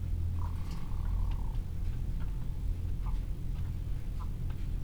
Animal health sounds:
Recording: poultry house recording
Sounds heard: sick chickens (respiratory disease)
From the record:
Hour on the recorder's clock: 15

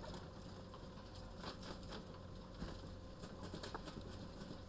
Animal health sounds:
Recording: poultry house recording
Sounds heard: healthy chickens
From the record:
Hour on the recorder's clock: 14

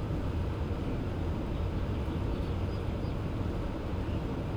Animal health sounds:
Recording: poultry house recording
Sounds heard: healthy chickens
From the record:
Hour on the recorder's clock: 2

